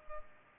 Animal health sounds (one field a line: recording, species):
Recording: mosquito wingbeat signal from an infrared sensor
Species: Culex pipiens